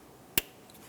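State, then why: Seated. A plastic retainer clip on the radiator filler cap of a 2005-2007 Ford Five Hundred is pressed into the grooves on the side of the filler neck. It gives one sharp snap at 0.4 s followed by a much fainter tick at 0.7 s. The clip is seated and locked in place.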